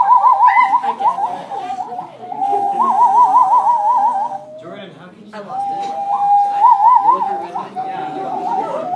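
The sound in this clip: Loon giving repeated quavering tremolo calls, wavering phrases alternating with long held notes.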